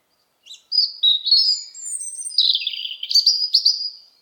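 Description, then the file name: European robin song: thin, high warbled phrases with sliding whistles and quick trills, rising and falling in pitch over a quiet background. "Erithacus rubecula"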